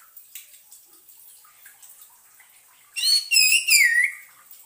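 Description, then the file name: Orange-headed thrush song: low hissy background with faint ticks, then a loud phrase of sweet slurred whistles falling at the end. Played as a lure sound to keep a bird from getting stressed. "suara pancingan burung anis merah agar tidak stress"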